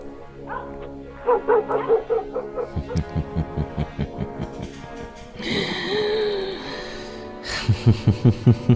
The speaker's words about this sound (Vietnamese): Có người đang nằm cố để dỗ cơn ngủ vì cái tiếng chó kia nó cứ văng vẳng bên tai.